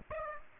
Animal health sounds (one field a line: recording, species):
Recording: mosquito wingbeat signal from an infrared sensor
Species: Aedes aegypti